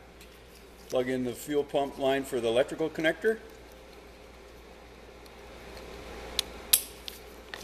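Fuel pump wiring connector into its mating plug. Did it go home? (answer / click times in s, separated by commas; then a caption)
yes / 6.7 s. Someone talks, then the fuel pump wiring connector on a snowmobile is pushed into its mating plug during a running board installation, with faint handling clicks. The connector latches with a sharp snap at 6.7 s, seating it home.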